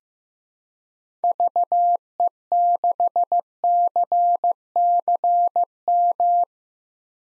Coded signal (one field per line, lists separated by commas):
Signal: Morse code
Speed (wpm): 16 wpm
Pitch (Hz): 700 Hz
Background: none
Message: VE6CCM